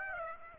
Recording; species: mosquito wingbeat signal from an infrared sensor; Aedes aegypti